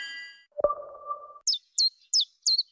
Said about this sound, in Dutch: Wanneer hoor jij de eerste tjiftjaf?